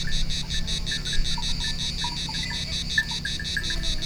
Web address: hanggyujtemeny gorogtaj thassos 2016 ketkaboca kecskekrovarok kecskesut